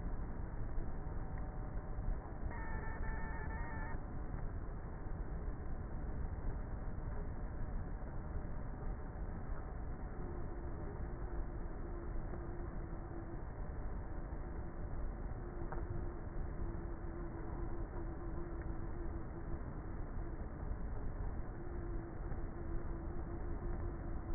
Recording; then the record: honeybee colony, microphone inside the hive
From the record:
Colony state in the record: queenless with a low population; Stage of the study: before two queens were removed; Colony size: about 30,000 bees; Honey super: no